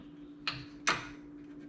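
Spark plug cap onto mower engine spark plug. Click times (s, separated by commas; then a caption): 0.5 s. A rubber spark plug cap is pushed back onto the spark plug of an Allett Kensington mower engine, snapping on with a short click at 0.5 s, followed by a louder, sharper snap near 0.9 s over a faint steady hum. The cap is seated on the plug.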